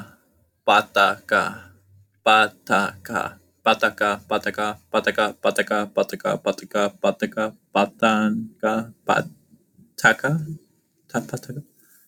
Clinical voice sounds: repeated syllables /pa ta ka/; male; 20 to 29 years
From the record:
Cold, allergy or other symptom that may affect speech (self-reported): no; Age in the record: 20 years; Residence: California, United States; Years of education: 14

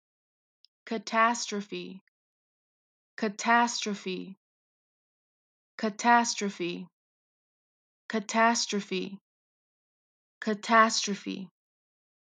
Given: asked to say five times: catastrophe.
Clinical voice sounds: repeated word; female; 20 to 29 years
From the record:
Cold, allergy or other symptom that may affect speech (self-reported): no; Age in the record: 22 years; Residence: California, United States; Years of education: 16

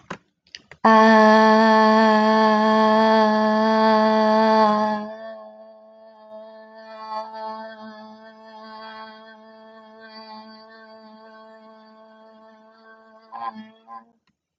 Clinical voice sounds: vowel held as long as possible; female; 30 to 39 years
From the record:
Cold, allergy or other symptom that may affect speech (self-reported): no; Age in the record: 32 years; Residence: Nevada, United States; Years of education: 16

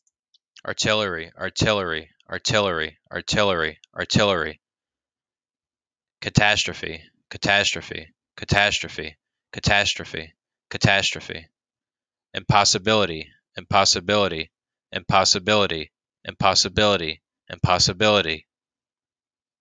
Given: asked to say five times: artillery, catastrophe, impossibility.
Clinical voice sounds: three words, each repeated; male; 20 to 29 years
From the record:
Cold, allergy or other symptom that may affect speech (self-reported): no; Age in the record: 26 years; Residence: Maryland, United States

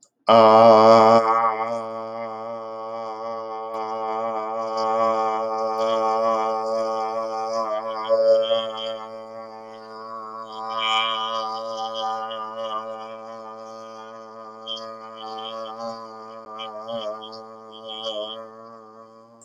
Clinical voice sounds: vowel held as long as possible; male; 50 to 59 years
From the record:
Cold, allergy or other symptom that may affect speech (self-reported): no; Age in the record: 53 years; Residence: Nevada, United States

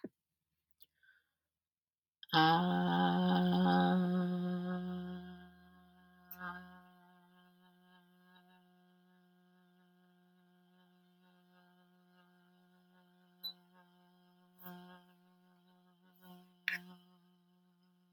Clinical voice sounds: vowel held as long as possible; female; 20 to 29 years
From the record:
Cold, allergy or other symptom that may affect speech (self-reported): yes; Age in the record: 29 years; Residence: District of Columbia, United States

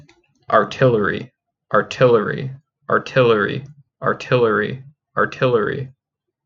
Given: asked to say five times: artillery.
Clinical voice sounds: repeated word; male; 20 to 29 years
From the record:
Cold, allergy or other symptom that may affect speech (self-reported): no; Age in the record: 23 years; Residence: New York, United States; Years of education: 17

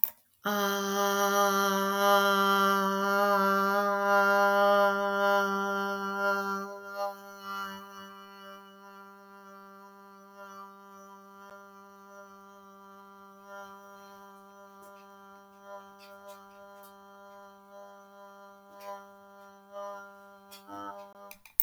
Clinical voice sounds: vowel held as long as possible; female; 50 to 59 years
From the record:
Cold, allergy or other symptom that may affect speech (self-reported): no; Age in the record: 51 years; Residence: United States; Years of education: 18

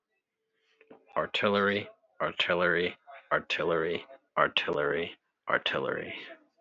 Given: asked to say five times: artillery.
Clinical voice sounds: repeated word; male; 30 to 39 years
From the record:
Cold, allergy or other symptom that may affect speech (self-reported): no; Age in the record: 33 years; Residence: Rhode Island, United States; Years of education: 12

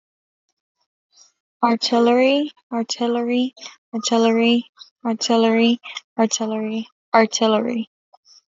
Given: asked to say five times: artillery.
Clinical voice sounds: repeated word; female; 20 to 29 years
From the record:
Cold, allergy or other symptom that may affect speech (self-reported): no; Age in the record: 25 years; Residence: Arizona, United States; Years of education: 12

